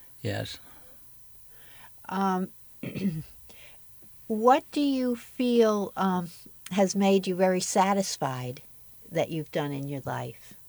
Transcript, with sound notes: Yes.
Um (clears throat) what do you fell has made you very satisfied that you've done in your life?